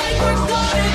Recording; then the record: coughing mixed with background sound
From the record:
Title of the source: female coughing - coughing sound effects girl